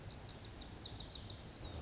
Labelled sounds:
Lazuli Bunting (Passerina amoena)
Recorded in Sonoma County, California

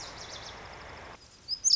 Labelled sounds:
Lazuli Bunting (Passerina amoena)
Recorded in Sonoma County, California

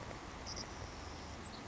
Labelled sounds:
Savannah Sparrow (Passerculus sandwichensis)
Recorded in Sonoma County, California

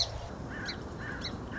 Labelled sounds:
Song Sparrow (Melospiza melodia)
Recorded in Sonoma County, California

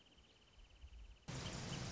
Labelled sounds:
Wrentit (Chamaea fasciata)
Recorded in Sonoma County, California

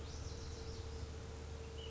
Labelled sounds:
Ash-throated Flycatcher (Myiarchus cinerascens)
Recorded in Sonoma County, California

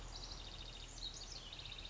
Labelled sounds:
House Wren (Troglodytes aedon)
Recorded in Sonoma County, California

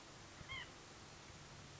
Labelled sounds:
White-breasted Nuthatch (Sitta carolinensis)
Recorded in Sonoma County, California

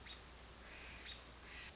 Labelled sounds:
American Robin (Turdus migratorius)
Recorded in Sonoma County, California

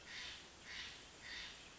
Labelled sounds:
Steller's Jay (Cyanocitta stelleri)
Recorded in Sonoma County, California

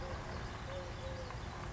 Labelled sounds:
Eurasian Collared Dove (Streptopelia decaocto)
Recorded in Sonoma County, California

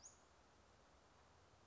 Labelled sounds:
Western Flycatcher (Empidonax difficilis)
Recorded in Sonoma County, California

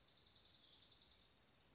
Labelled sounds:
Dark-eyed Junco (Junco hyemalis)
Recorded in Sonoma County, California

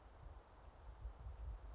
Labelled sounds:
Western Flycatcher (Empidonax difficilis)
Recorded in Sonoma County, California

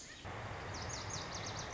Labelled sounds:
Lazuli Bunting (Passerina amoena)
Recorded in Sonoma County, California

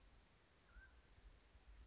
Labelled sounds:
Mountain Quail (Oreortyx pictus)
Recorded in Sonoma County, California

